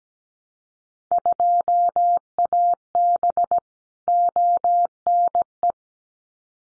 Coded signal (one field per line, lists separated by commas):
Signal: Morse code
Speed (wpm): 17 wpm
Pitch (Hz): 700 Hz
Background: none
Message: 2AB ONE